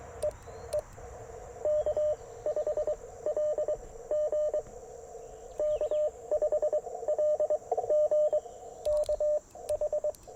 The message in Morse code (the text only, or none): E E K5LG K5LG K H